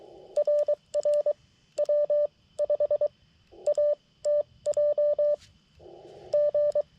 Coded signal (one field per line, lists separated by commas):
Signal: Morse code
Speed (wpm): 22 wpm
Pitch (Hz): 590 Hz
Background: none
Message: RR W 5 A TJ G